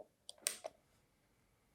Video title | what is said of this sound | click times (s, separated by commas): Omega Cal. 600 Vintage Watch Service & Restoration (Cal. 601) | Oh, what a satisfying click. | 0.5 s